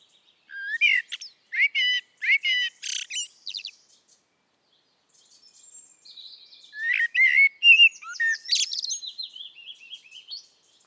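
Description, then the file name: Eurasian blackbird song: a run of short fluted notes with squeaky high parts, then after a pause a second phrase ending in thin high squeaky notes. "Turdus merula"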